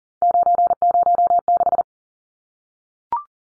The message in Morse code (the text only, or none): 906